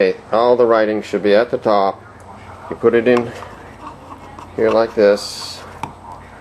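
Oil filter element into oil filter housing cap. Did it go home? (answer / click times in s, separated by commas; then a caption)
yes / 5.8 s. A paper oil filter element is pressed down into the plastic oil filter housing cap of a 2017 Toyota Sienna during an oil change while someone talks. A short, sharp click at 5.8 s marks the element snapping into the cap, and it stays seated when the cap is lifted, held by its spring action.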